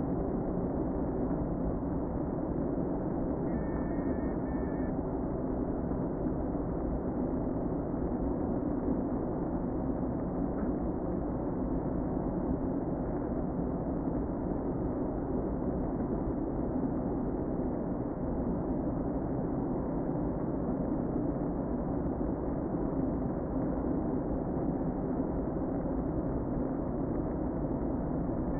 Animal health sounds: honeybee colony, microphone inside the hive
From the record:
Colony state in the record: queen present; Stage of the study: before two queens were removed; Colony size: about 60,000 bees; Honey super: yes

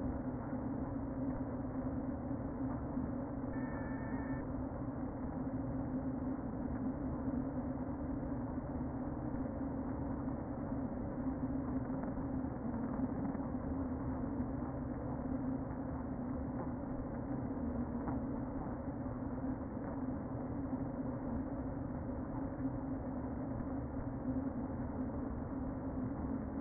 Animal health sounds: honeybee colony, microphone inside the hive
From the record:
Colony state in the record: queen present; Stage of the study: before two queens were removed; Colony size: about 60,000 bees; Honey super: yes

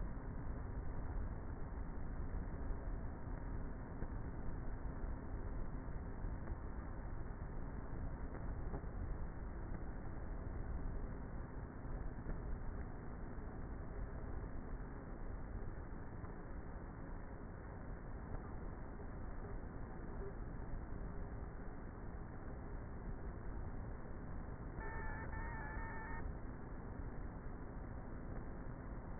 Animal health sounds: honeybee colony, microphone inside the hive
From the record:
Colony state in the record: queenless with a low population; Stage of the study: before two queens were removed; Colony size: about 30,000 bees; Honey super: no

